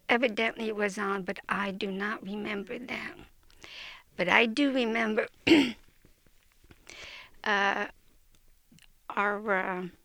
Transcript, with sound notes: Evidently it was on, but I do not remember them. But I do remember (clears her throat) our